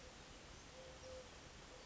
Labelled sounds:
Eurasian Collared Dove
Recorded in Sonoma County, California

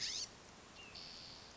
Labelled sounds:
California Scrub-Jay
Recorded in Sonoma County, California

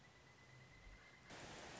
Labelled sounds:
Pileated Woodpecker
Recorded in Sonoma County, California

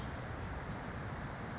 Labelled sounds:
Western Flycatcher
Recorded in Sonoma County, California

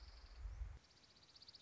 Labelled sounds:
Dark-eyed Junco
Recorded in Sonoma County, California

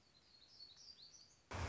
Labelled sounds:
Black-throated Gray Warbler
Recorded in Sonoma County, California

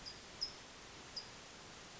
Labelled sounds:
California Towhee
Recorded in Sonoma County, California

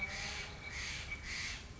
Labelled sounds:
Steller's Jay
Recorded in Sonoma County, California

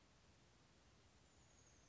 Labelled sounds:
Chestnut-backed Chickadee
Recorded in Sonoma County, California

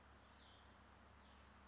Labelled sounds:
Cassin's Vireo
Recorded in Sonoma County, California

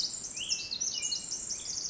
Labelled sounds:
Pacific Wren
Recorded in Sonoma County, California

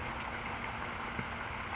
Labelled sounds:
California Towhee
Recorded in Sonoma County, California

